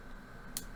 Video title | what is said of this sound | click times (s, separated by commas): Official Fitbit Versa 3 Review - 2 Weeks Wearing Daily & Overnight | and that's it. That's it. Like, it's crazy to me that it holds as well as it does. And you get a little click. | 0.6 s